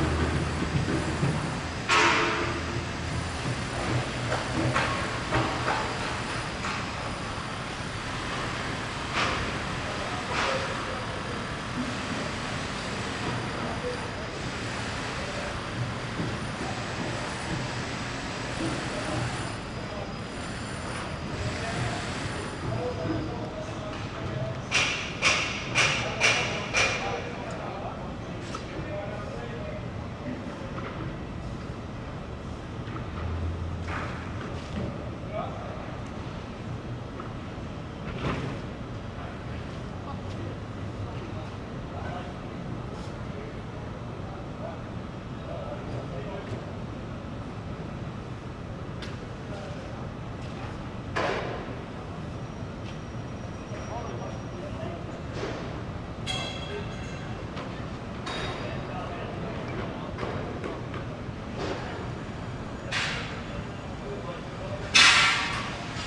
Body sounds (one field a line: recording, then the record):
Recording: background sound without coughing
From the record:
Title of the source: 30 MINUTES Construction Site Ambience (CC BY 4.0)